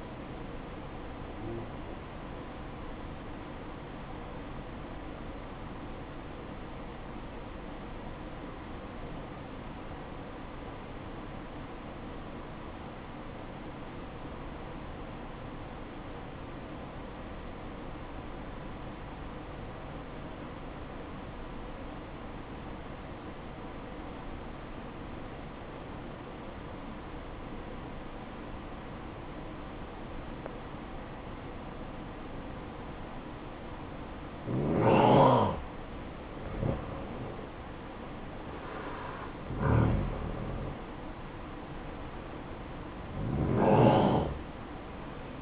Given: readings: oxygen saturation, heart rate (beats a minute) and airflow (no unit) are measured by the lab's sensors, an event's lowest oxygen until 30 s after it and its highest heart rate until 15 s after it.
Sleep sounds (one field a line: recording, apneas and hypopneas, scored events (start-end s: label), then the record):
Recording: breathing in sleep by a voice recorder at the bedside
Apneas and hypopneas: 1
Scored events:
7.00-32.50 s: obstructive apnea (N1, oxygen 95% highest, then 90% lowest, heart rate 56 at the start, 62 highest)
From the record:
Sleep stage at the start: N1 (lightest sleep)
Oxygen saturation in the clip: 91 to 95%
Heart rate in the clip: 54 to 62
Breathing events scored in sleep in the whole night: 573 in 9.8 hours asleep